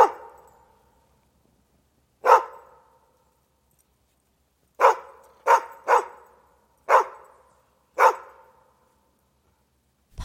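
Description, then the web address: Dog barks in sharp, echoing bursts: single barks spaced a couple of seconds apart, then a quicker run of several barks, with silence between them. Urban setting, with reverb. "urban dog bark chain rattle reverb"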